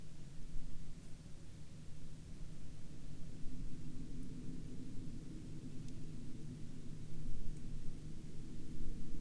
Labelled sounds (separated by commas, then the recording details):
aircraft
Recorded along the Dalton Highway, Alaska, on 26 April 2019 at 19:43
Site 02